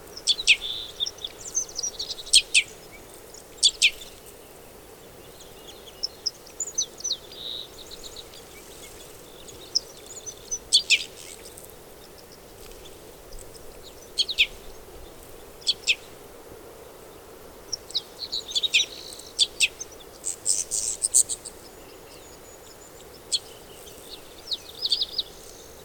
Red Crossbill call recorded on the Cow Creek Trail in Rocky Mountain National Park.